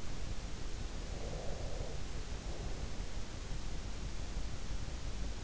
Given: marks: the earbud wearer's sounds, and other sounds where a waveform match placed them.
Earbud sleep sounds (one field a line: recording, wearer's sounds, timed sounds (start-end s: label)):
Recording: sounds in sleep by an in-ear microphone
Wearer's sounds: breath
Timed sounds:
1.07-3.32 s: breath